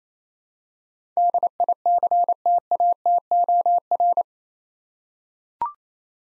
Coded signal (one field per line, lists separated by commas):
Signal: Morse code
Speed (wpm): 28 wpm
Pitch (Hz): 700 Hz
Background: none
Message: DICTATOR